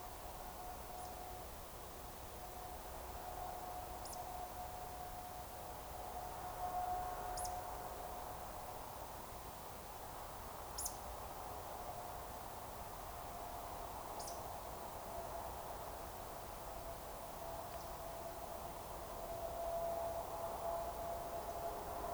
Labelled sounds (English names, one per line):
Eurasian Woodcock whistle